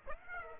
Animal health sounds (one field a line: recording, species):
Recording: mosquito wingbeat signal from an infrared sensor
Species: Aedes aegypti